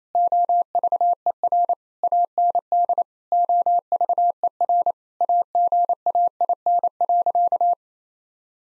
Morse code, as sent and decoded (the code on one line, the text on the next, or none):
--- ...- . .-. / .- -. -.. / --- ...- . .-. / .- --. .- .. -. .-.-.-
OVER AND OVER AGAIN.